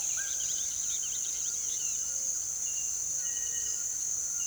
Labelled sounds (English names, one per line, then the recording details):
Russet-backed Oropendola
Chestnut-bellied Seed Finch
White-throated Toucan
White-throated Tinamou
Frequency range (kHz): Chestnut-bellied Seed Finch 2.3-4.4 kHz; White-throated Tinamou 1.1-1.9 kHz
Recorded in pastures near Puerto Asís, Putumayo, Colombia, on 20 February 2024 at 07:00
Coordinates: 0.466, -76.323
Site G6384